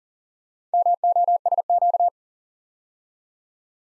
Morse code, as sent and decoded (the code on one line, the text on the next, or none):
-- --- ... --.-
MOSQ